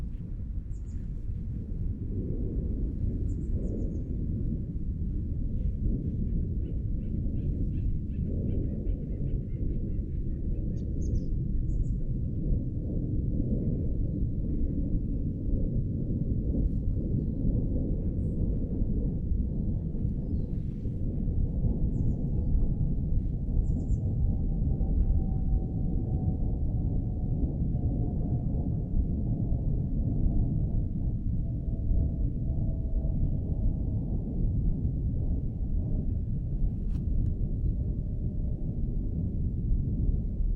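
Outdoor sound at Tilden Regional Park in Orinda, California: a steady, dense, deep rumble like wind runs throughout. Faint high bird chirps come and go, mostly in the first dozen seconds, while a thin tone slowly slides downward through the second half.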